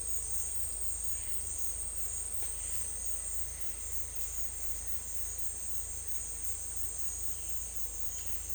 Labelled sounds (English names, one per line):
none